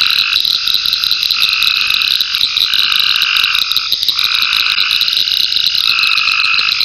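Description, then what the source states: Frogs trilling in a thick, unbroken chorus, with high pulsed insect calls running constantly. Frogs in ponds near a pond in a forest wildlife management area, with crickets and cicadas.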